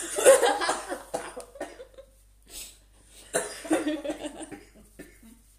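An adult woman's coughing fit: roughly ten harsh, breathy cough bursts in two runs separated by a short pause, with some laugh-like exhalations. An irritant cough after inhaling a vape giving off much more smoke than she is used to, overwhelmed by the taste and smoke. She is also somewhat ill and has been coughing for the past four weeks.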